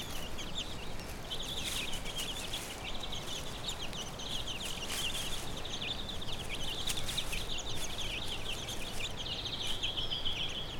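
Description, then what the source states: Chicken chicks cheeping steadily in a dense high chorus, occasional sharp knocks, low rumbling background throughout. A hen with her chicks, recorded on Brownsea Island.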